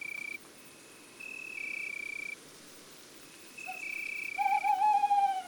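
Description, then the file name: Tawny owl hoot begins near the end as a loud wavering note, after several long steady high-pitched tones against a soft hiss. Male; woods and forests. "Chouette hulotte male Chants doiseaux des bois et des forets"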